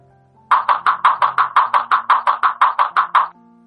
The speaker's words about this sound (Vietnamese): Anh lấy di động chơi game giải trí, chưa đầy 3 phút, bên tai đã vang lên tiếng đập cửa.